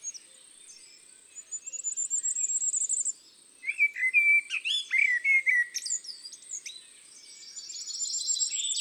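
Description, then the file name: Common firecrest song: a high, thin run of short notes, followed by lower whistles and varied phrases, then another high series near the end. Song in woodland and forest habitat. "Roitelet a triple bandeau Chants doiseaux des bois et des forets"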